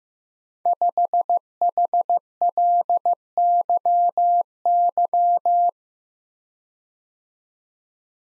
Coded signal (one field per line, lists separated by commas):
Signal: Morse code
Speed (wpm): 15 wpm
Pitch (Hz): 700 Hz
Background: none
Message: 5HLYY